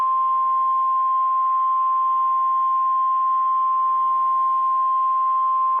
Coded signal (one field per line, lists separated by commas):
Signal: Emergency Alert System (SAME) tones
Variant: 1050 Hz attention tone